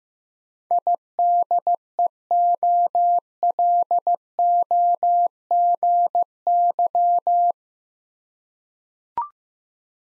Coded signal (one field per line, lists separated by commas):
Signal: Morse code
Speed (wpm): 15 wpm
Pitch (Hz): 700 Hz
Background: none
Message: IDEOLOGY